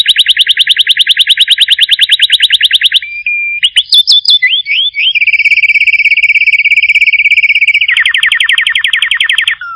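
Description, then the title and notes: Bird song: a rapid, even trill, then a brief steady note and a few sliding whistles, then a long fast trill and a final broader buzzy trill ending in a falling note. Compilation of bird songs from Indonesia. "Kicau Burung Indonesia"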